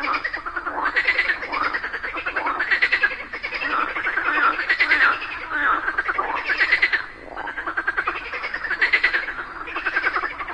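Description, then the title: Frogs in a dense chorus, overlapping pulsed croaking trills that swell and fade in waves, with no other clear sounds. A group of frogs calling together in chorus just after daytime rain. "Just after it rained during the day, a group of frogs happily cooperated perfectly, creating a symphony of nature."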